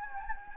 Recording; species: mosquito wingbeat signal from an infrared sensor; Anopheles gambiae